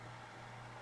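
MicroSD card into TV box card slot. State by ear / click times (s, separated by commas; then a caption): not seated / none. A microSD card is handled at the card slot of a Beelink GT King TV box, being slid in until it latches, but nothing has seated or clicked yet in this clip. Only a steady low hum with broadband noise is heard, with no sudden sounds and no talk.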